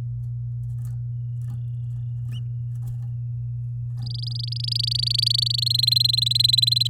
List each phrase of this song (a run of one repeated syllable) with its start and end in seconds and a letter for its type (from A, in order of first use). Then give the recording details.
4.02-5.60 A, 5.62-6.88 B. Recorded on 11 May 2018 at 07:57. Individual llb16